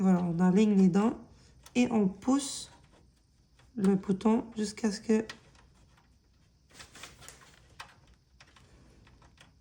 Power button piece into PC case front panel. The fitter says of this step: jusqu'à ce qu'on entend le le le petit clic et c'est mise en place mtenant